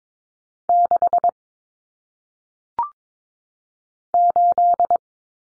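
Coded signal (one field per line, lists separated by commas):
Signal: Morse code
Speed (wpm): 22 wpm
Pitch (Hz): 700 Hz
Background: none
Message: 6 8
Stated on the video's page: Morse practice drill of single-digit numbers sent at 22 wpm for head-copy.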